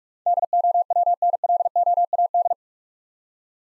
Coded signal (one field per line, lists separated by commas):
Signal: Morse code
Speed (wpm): 43 wpm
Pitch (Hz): 700 Hz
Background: none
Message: DOWNLOAD